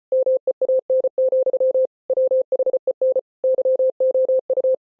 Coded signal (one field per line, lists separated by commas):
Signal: Morse code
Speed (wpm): 33 wpm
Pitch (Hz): 520 Hz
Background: none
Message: MEAN, WHEN YOU